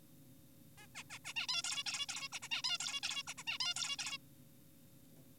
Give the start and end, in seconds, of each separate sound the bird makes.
0.78-0.87, 0.95-1.03, 1.10-1.19, 1.25-1.34, 1.36-1.47, 1.49-1.62, 1.64-1.84, 1.87-2.06, 2.09-2.28, 2.32-2.40, 2.42-2.48, 2.51-2.62, 2.64-2.78, 2.80-3.00, 3.03-3.23, 3.27-3.34, 3.38-3.44, 3.47-3.58, 3.60-3.74, 3.76-3.96, 3.99-4.18